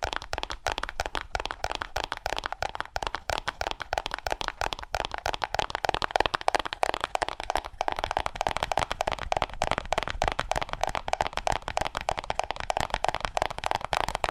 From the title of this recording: ASMR Fast Aggressive Cardboard Tapping